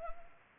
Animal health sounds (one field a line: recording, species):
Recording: mosquito wingbeat signal from an infrared sensor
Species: Anopheles arabiensis